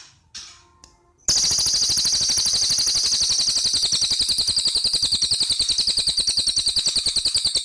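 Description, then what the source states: Spiderhunter song: after a few faint chirps, a long unbroken stream of shrill, rapidly repeated high notes runs for about six seconds at a steady pace. Long, clear, prolific (gacor) song, used as a tutor track for training birds.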